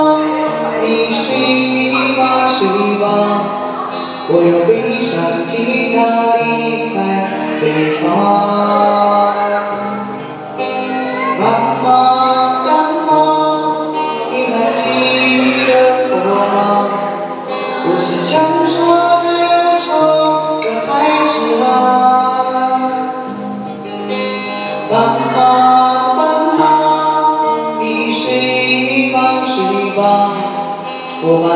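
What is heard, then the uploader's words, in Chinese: A Buddhist ceremony at Fuzhou's Kaiyuan Temple for the Ksitigarbha Sutra, with voices chanting together in long, sustained tones. The pitch shifts every second or so in a slow melodic line, the sound staying full and steady with brief breath dips around 10, 17 and 23 seconds. 福州开元寺地藏菩萨本愿经法会。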